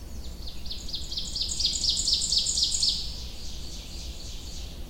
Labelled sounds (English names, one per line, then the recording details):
Ovenbird song
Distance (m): 25 m
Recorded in boreal forest in Alberta, Canada, on 21 June 2016 at 06:52
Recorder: SongMeter 3, array SBT-6-81
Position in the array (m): 37 m, 94 m
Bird 24